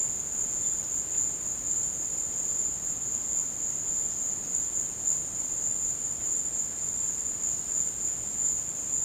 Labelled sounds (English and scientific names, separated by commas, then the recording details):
none
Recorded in dense forest near Puerto Asís, Putumayo, Colombia, on 24 March 2025 at 16:00
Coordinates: 0.481, -76.323
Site G088